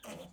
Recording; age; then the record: pig call; piglet (1 to 25 days)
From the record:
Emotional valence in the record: negative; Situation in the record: restrain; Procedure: back test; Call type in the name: low-frequency call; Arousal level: medium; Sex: male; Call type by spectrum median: low-frequency call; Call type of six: low-frequency stable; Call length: 0.33 s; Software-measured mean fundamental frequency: 69 Hz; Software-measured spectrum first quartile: 439 Hz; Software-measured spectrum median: 1165 Hz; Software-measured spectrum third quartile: 4373 Hz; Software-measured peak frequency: 199 Hz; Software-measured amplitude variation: 133 dB a second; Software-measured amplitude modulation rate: 19.9 a second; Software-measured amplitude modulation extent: 6.7 dB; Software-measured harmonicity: 1.8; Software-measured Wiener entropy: -2.24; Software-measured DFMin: 585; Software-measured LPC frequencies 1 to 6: 580, 2457, 3033, 4465, 6033, 7490 Hz